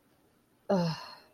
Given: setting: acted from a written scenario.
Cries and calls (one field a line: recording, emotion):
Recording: vocal sound without words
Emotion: disappointment